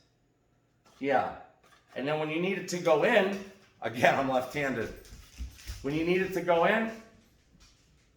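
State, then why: Not seated. A revolver is handled near an upside-down leather shoulder holster with a retention spring, on its way to being pushed back in, while someone talks throughout. No snap is heard; the revolver has not yet gone into the holster and the retention spring has not caught it.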